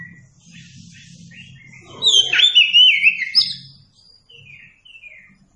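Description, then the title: Oriental magpie-robin song: a short loud run of warbled, sliding whistles amid softer chirps, with a low hum underneath for much. Song used for training captive birds. "Masteran Burung Kacer"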